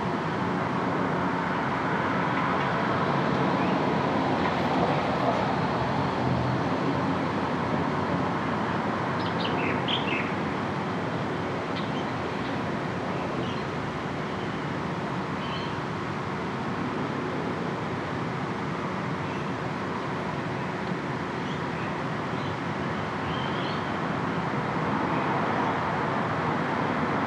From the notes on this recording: her front room accompanied by the sounds of her front yard